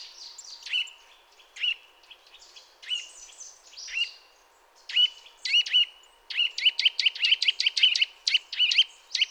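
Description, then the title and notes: Eurasian nuthatch calling, sharp clear notes in irregular bursts, speeding into a quick run of notes near the end, over a steady low hum. Resident bird becoming vocal during mild winter weather after being discreet; contact calls followed by song in sequence; species commonly found in forests, parks and small woods. "Sonothèque naturophonia. La Sittelle torche-pot (Sitta europaea)"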